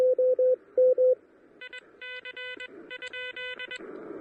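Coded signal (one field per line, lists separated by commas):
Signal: Morse code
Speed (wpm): 21 wpm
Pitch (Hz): 2000 Hz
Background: none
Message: IC ?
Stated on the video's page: QRP Parks on the Air activation in a national forest using an Elecraft KH1 with an end-fed half-wave antenna.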